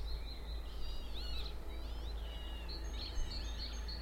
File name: Spring birds song bumble bees with tractor drive by and aircraft noise Beacon Fell